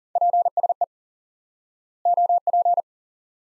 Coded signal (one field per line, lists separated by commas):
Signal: Morse code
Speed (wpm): 40 wpm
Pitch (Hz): 700 Hz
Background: none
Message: PSE OP